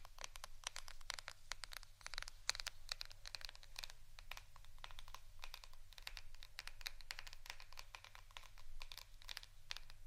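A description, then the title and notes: Soft tapping continues throughout, a quick, irregular patter of light clicks, many per second, sometimes bunching into short flurries. The taps are crisp and bright with little body. A steady low hum sits underneath the whole time. ASMR Soft TAPPING for Sleep 3Dio （No Talking）.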